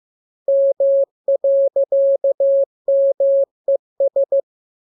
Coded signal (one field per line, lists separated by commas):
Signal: Morse code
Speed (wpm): 15 wpm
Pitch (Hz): 550 Hz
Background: none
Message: M.MES